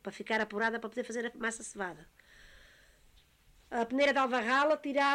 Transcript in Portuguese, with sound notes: para ficar apurada para poder fazer a massa sovada. [pausa] A peneira de alva rala tirava…